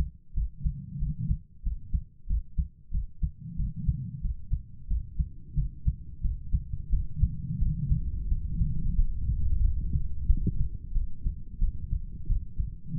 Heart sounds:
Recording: heart sounds by stethoscope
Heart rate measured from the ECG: 90 bpm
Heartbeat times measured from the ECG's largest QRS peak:
0.33 s: heartbeat
0.98 s: heartbeat
1.62 s: heartbeat
2.26 s: heartbeat
2.90 s: heartbeat
3.55 s: heartbeat
4.20 s: heartbeat
4.86 s: heartbeat
5.54 s: heartbeat
6.20 s: heartbeat
6.89 s: heartbeat
7.58 s: heartbeat
8.27 s: heartbeat
8.94 s: heartbeat
9.60 s: heartbeat
10.25 s: heartbeat
10.92 s: heartbeat
11.58 s: heartbeat
12.26 s: heartbeat
12.95 s: heartbeat
From the record:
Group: healthy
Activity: cold pressor test 0-5 s, rest 5-13 s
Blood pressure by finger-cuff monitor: 129/82 mmHg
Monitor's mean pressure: 98 mmHg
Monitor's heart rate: 91 bpm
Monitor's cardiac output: 7 L/min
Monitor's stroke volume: 78 mL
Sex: female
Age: 32 years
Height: 172 cm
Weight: 71.7 kg

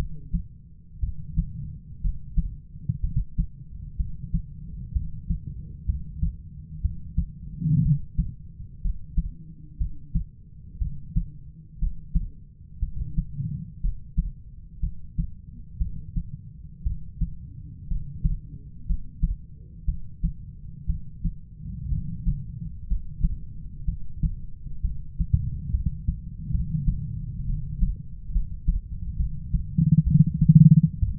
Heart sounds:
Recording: heart sounds by stethoscope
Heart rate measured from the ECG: 62 bpm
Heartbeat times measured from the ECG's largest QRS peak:
1.00 s: heartbeat
2.01 s: heartbeat
3.00 s: heartbeat
3.96 s: heartbeat
4.92 s: heartbeat
5.85 s: heartbeat
6.81 s: heartbeat
7.82 s: heartbeat
8.81 s: heartbeat
9.77 s: heartbeat
10.78 s: heartbeat
11.79 s: heartbeat
12.79 s: heartbeat
13.81 s: heartbeat
14.80 s: heartbeat
15.78 s: heartbeat
16.83 s: heartbeat
17.87 s: heartbeat
18.86 s: heartbeat
19.85 s: heartbeat
20.86 s: heartbeat
21.89 s: heartbeat
22.87 s: heartbeat
23.85 s: heartbeat
24.81 s: heartbeat
25.71 s: heartbeat
26.51 s: heartbeat
27.46 s: heartbeat
28.32 s: heartbeat
29.16 s: heartbeat
30.04 s: heartbeat
30.99 s: heartbeat
From the record:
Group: healthy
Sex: female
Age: 37 years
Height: 168 cm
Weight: 70 kg

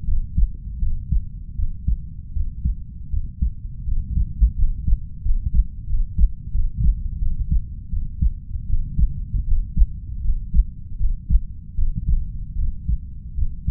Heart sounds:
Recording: heart sounds by stethoscope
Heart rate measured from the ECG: 81 bpm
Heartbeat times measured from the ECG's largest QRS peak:
0.04 s: heartbeat
0.78 s: heartbeat
1.55 s: heartbeat
2.32 s: heartbeat
3.09 s: heartbeat
3.84 s: heartbeat
4.54 s: heartbeat
5.21 s: heartbeat
5.85 s: heartbeat
6.50 s: heartbeat
7.18 s: heartbeat
7.89 s: heartbeat
8.65 s: heartbeat
9.44 s: heartbeat
10.21 s: heartbeat
10.96 s: heartbeat
11.74 s: heartbeat
12.55 s: heartbeat
13.34 s: heartbeat
From the record:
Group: healthy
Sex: female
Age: 32 years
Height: 168 cm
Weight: 61.9 kg

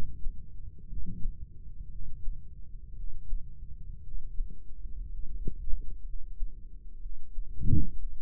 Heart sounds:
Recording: heart sounds by microphone in the right ear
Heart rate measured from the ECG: 59 bpm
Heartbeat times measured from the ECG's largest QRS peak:
0.87 s: heartbeat
1.90 s: heartbeat
2.94 s: heartbeat
4.02 s: heartbeat
5.09 s: heartbeat
6.04 s: heartbeat
7.00 s: heartbeat
7.96 s: heartbeat
From the record:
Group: healthy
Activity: rest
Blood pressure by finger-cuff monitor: 123/77 mmHg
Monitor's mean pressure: 92 mmHg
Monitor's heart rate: 58 bpm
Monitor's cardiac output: 5.1 L/min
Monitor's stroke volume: 86 mL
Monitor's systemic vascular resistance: 1350 dyn s/cm5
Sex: male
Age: 21 years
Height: 170 cm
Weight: 71 kg

